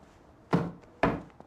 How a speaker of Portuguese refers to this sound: Estamos a ensaiar lá em cima e estas marteladas todas estão a dar-nos cabo do ambiente.